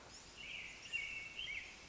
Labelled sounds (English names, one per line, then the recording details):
American Robin
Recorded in Sonoma County, California